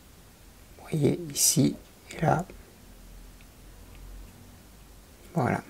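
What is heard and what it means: Someone handles the plastic/metal left differential shaft of a 1/8 scale car model, lining it up to press onto the gearbox half-casing where locating pins clip in. Someone talks in short bursts over quiet, low handling noise. Nothing has seated or clicked yet.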